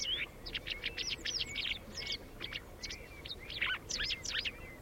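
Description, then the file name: White wagtail calling, a dense run of high, clipped chirps with a few softer slurred notes beneath, steady throughout. "Ballerina Bianca"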